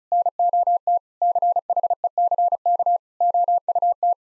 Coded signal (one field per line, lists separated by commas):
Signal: Morse code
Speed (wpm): 36 wpm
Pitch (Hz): 700 Hz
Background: none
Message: NOT CHECK OUT